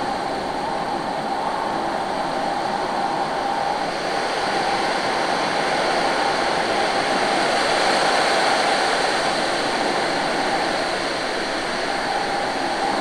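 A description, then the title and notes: Wind blows in a steady, dense rush across the whole clip, with no gusts or pauses. The sound is mostly hissing and bright, with a faint constant tone running through the middle and little low rumble, swelling slightly around the middle. Wind: Let The Natural Noise Of Air Calm You & Block Outside Noise. The sound of wind.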